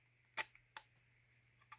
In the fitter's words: the tooth on the compass is going to seat into it you'll hear it click